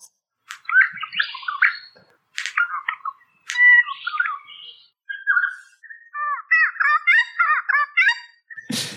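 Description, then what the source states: Regent Honeyeater song: varied chirps, gurgles and slurred whistles in short bursts, then a run of quick repeated rising-falling notes. Proper song and a song learned from a Noisy Friarbird, played back to back.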